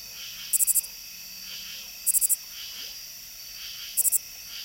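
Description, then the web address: Lesser angle-wing katydid song: three bursts of several sharp, high-pitched ticks, roughly every one and a half to two seconds, above a constant insect drone. "The Songs of Insects. Lesser Angle-wing Katydid"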